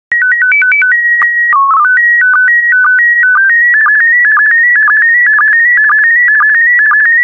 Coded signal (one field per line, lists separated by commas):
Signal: SSTV (slow-scan television)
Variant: PD 120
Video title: 135004 Bald Eagles SSTV PD120